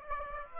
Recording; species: mosquito wingbeat signal from an infrared sensor; Aedes aegypti